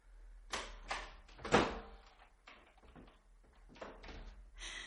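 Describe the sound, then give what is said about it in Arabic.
In a radio drama, a door thuds shut with a couple of heavy knocks, followed by a scattered series of lighter clicks and rattles as a key turns in the lock, with no talking. “أيوه أنا هقفل الباب بالمفتاح ونازل أجيب المأذون.”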